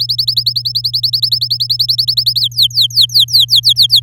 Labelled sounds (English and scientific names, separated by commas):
Domestic Canary (Serinus canaria) song